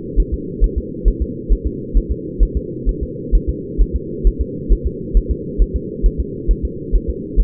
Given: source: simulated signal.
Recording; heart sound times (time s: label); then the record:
fetal heart sounds
0.20 s: S1
0.34 s: S2
0.64 s: S1
0.78 s: S2
1.08 s: S1
1.22 s: S2
1.52 s: S1
1.67 s: S2
1.97 s: S1
2.11 s: S2
2.43 s: S1
2.57 s: S2
2.89 s: S1
3.03 s: S2
3.35 s: S1
3.49 s: S2
3.81 s: S1
3.96 s: S2
4.27 s: S1
4.41 s: S2
4.72 s: S1
4.87 s: S2
5.17 s: S1
5.31 s: S2
5.62 s: S1
5.76 s: S2
6.06 s: S1
6.20 s: S2
6.51 s: S1
6.65 s: S2
6.95 s: S1
7.10 s: S2
7.40 s: S1
From the record:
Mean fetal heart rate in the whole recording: 135 bpm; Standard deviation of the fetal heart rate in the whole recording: 3 bpm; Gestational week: 36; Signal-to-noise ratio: -4.1 dB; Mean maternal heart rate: no maternal heart sound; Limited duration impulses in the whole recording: absent